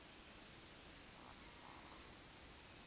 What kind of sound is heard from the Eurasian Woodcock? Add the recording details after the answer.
whistle, croak. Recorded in Baden-Württemberg, Germany, on 16 June 2021 at 19:47 UTC. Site 20675, 466 m above sea level